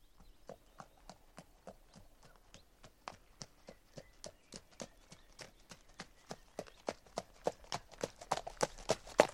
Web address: horse